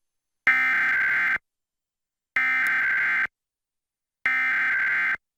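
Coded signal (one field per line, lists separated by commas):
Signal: Emergency Alert System (SAME) tones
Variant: header bursts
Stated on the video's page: Washington statewide Required Monthly Test relayed by KIRO-TV Seattle, captured from Paramount+ app on a Roku streaming player.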